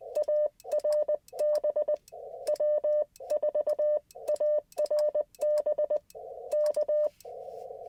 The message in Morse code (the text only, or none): ARB W4ARB K